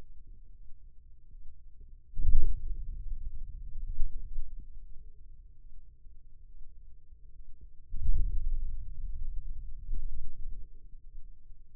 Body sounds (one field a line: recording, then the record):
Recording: forearm muscle sounds (acoustic myography)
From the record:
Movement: hand opening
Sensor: system 2, bracelet of six BSWA MPA416 microphones around the upper forearm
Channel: 6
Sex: male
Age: 22 years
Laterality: right